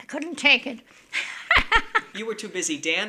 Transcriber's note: she laughs heartily